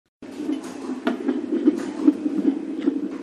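Rhythmic, swishing pulses repeat steadily at about 150 per minute over a low hum: fetal heart tones picked up by a Doppler monitor, at a normal rate for a fetus. A pregnant woman at 35 weeks with gestational diabetes is monitored for fetal heart rate and fetal movements in the reproductive endocrinology department of the Central Endocrinology Hospital.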